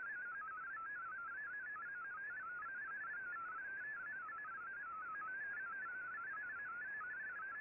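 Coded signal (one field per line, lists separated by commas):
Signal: multi-tone FSK (Olivia or MFSK type)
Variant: MFSK32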